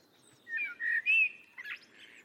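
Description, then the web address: Bird giving three clear whistled notes in quick succession, followed by a short buzzy note, over low background noise. "Bird Only Tu Me Tu Me 2"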